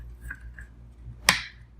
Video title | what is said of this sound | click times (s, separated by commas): Bosch® 11264EVS - Dust Free Tile Removal Tools® - Mounting A SkiRam® Base | the front lip first hear it snap in the back | 1.3 s